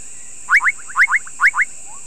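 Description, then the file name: Bubbling kassina calls: three pairs of quick, liquid, rising 'bloop' notes about every half second, with fainter notes between, over a steady high-pitched background hum. "Kassina senegalensis"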